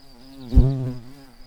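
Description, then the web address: Garden bumblebee buzz: a low, steady droning hum that swells briefly to a louder burst midway, then settles back to a softer drone. Queen. "Hortorum queens"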